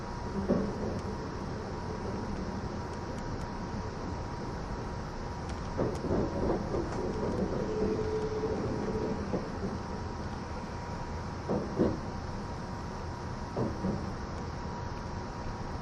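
Aboard the E261 series Saphir Odoriko limited express, a steady low rumble and hiss of the moving train fill the recording. A faint constant whine hums through, and brief clunks and rattles come around 1, 6, 7, 12 and 14 seconds.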